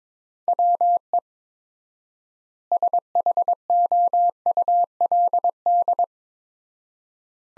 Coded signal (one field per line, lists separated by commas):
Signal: Morse code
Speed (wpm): 23 wpm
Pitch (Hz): 700 Hz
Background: none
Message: WE SHOULD